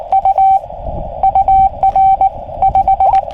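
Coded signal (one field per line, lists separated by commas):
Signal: Morse code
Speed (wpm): 19 wpm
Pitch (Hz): 770 Hz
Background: radio noise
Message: U UR 5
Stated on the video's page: SOTA summit activation on 40m CW, 5W QRP, FT-818ND, inverted-L long wire antenna, BaMaKeY TP-III key, with deep QSB fading.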